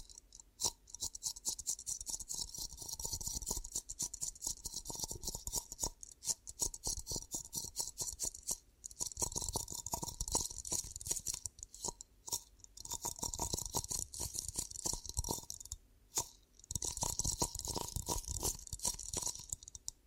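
Ear cupping ASMR triggers: dense, rapid scratching and rubbing bursts, with a bright hiss on top and soft muffled thumps below. The rustling comes in long runs, broken by brief near-silent pauses around 8, 12 and 16 seconds.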